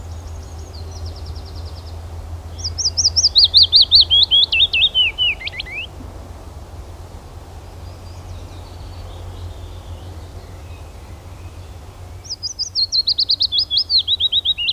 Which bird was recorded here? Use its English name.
Willow Warbler